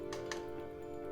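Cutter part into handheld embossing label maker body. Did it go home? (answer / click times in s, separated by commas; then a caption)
yes / 0.3 s. Background music plays while the bottom of the misaligned plastic cutter/wheel part of a handheld Dymo Xpress embossing label maker is twisted against the body. A faint first tick at 0.1 s is followed by a sharper pop at 0.3 s as the cutter part snaps back into alignment and seats in place.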